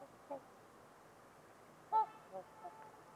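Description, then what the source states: Trumpeter swan honks, one faint note then a strong trumpeting honk followed by softer notes. Trumpeter swans on a winter evening at Winters Lake in a deep, silent valley, with distant white noise.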